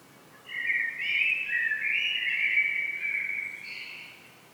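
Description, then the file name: Common blackbird, one long continuous warbled phrase of mellow whistled notes rising and falling, trailing off into a thin higher twitter. "Turdus merula"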